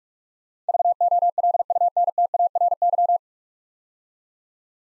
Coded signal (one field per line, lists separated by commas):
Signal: Morse code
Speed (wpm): 46 wpm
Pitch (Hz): 700 Hz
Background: none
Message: VOLUNTARY